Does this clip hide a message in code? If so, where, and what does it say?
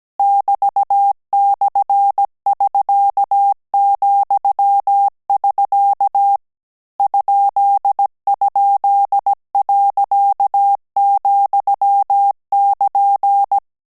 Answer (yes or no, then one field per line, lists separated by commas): yes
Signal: Morse code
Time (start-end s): 0.2-13.6 s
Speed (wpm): 17 wpm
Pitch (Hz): 800 Hz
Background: none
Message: <BT>/<SK>,<SK> ??.,<KN>